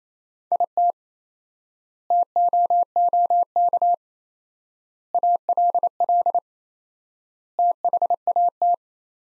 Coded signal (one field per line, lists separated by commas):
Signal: Morse code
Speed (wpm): 28 wpm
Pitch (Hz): 700 Hz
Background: none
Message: IT TOOK ALL THAT